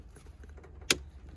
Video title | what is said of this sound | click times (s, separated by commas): led bulb and brake flash module install on 2004 subaru wrx! | Bam. Satisfying click. | 0.9 s